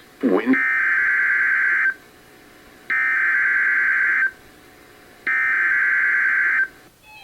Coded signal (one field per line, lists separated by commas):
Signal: Emergency Alert System (SAME) tones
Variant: header bursts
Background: speech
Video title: Big SVRs... EAS Alerts from 5/4/2021